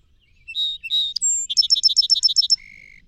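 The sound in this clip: Song sparrow song starting with two notes and a high whistle, then a quick run of paired notes and a closing lower steady tone.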